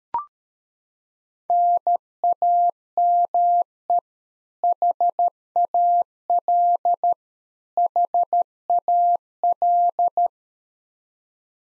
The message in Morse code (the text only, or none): NAME HAL HAL